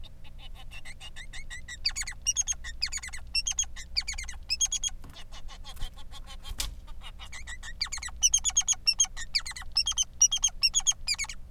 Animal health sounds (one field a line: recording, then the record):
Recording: song of a male Bengalese finch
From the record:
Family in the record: son of father 3